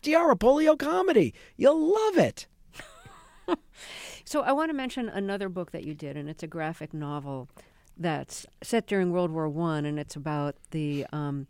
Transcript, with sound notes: FDR, a polio comedy, you'll love it.
(Laughter) So I want to mention another book that you did. And it's a graphic novel that's set during World War I. And it's about the